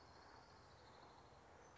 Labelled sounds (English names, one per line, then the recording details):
Orange-crowned Warbler
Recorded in Sonoma County, California